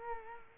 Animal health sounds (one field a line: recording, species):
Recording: mosquito wingbeat signal from an infrared sensor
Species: Culex quinquefasciatus